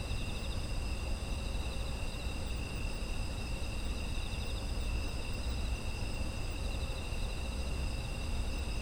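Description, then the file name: Steady insect chorus: layered high, pulsing chirrs continuing evenly without gaps, accompanied by constant low rumbling noise. Autumn insect ambience. "秋の虫の環境音"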